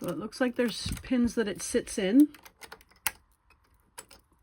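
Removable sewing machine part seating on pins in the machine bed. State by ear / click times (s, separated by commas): seated / 3.1 s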